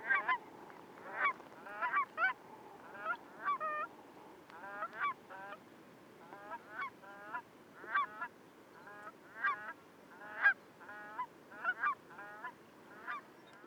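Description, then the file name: Cackling goose calls: high, yelping double honks repeated rapidly, several birds overlapping in an excited chorus throughout. "Cackling Goose Branta hutchinsii"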